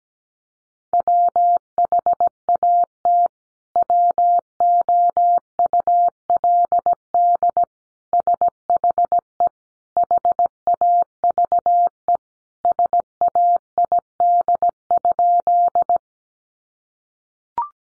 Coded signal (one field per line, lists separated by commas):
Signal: Morse code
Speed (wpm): 17 wpm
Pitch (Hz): 700 Hz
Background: none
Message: WHAT WOULD SHE HAVE SAID?